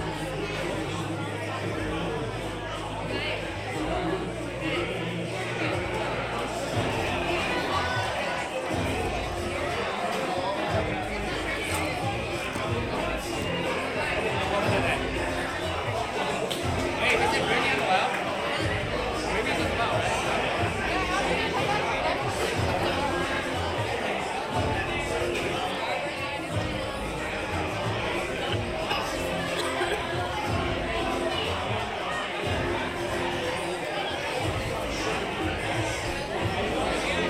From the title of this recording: Oga's Cantina (Disneyland) Binaural Ambience